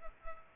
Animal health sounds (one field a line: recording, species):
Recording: mosquito wingbeat signal from an infrared sensor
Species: Culex pipiens